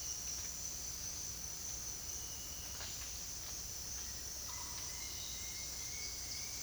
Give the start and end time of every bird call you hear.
4.43s-6.62s: Attila citriniventris

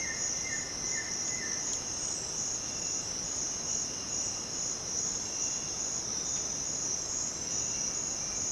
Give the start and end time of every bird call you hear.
0.00s-1.61s: Akletos melanoceps

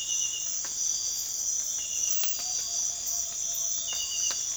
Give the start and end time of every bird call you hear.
1.23s-4.57s: Megascops choliba
2.44s-4.57s: Glaucidium brasilianum

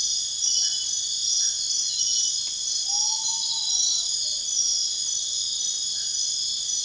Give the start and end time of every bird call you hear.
2.80s-4.51s: Nyctibius griseus

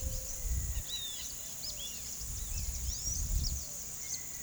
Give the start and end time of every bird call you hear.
0.85s-1.25s: Rupornis magnirostris
1.61s-1.75s: Tolmomyias viridiceps
2.83s-4.42s: Thraupis palmarum

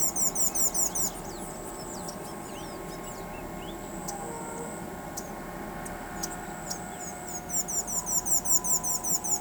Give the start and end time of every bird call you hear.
0.00s-1.10s: Quiscalus lugubris
4.07s-9.41s: Quiscalus lugubris

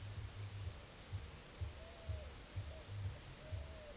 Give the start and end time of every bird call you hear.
1.74s-3.96s: Patagioenas cayennensis

